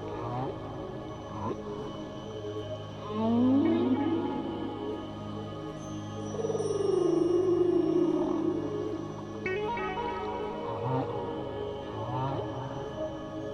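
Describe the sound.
Whale call: a short rising sweep, then a long drawn-out descending moan, over an unbroken musical drone.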